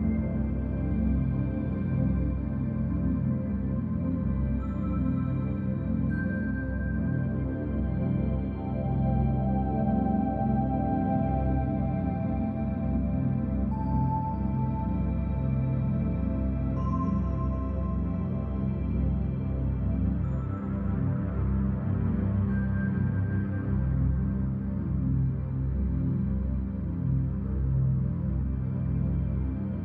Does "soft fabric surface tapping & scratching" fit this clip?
no